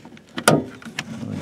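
The plastic tail light bulb holder board is pressed into the rear light housing of a VAZ 2114/2115 car during a bulb replacement, and it snaps in with a sharp, loud click at 0.5 s, seated. Faint plastic ticks and rustles come before it, and a smaller tick follows at 1.0 s.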